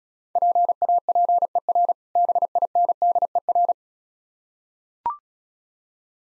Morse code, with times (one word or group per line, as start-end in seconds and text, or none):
0.4-1.9 PAPER
2.2-3.7 BINDER